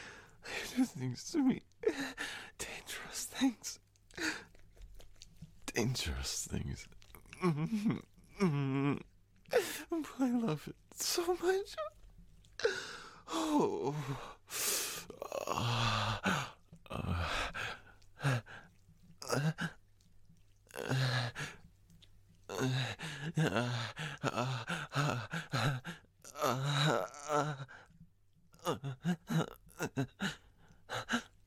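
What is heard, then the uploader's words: A man moans and whimpers in short, uneven bursts, with gasps, sighs and groaning breaths between them. The sounds come in quick clusters separated by brief silences, some rising and wavering in pitch, with a low steady hum underneath throughout. Male moaning & whimpering asmr.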